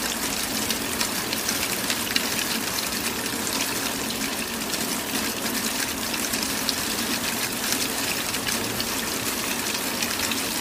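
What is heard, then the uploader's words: Rain falls in a steady, dense hiss across the whole stretch, with no lulls or build-ups. Countless fine drops merge into a bright wash, and a faint low rumble sits underneath. A few slightly louder splashes stand out now and then. Falling Rain Sounds For Sleeping, Focus, Relaxation.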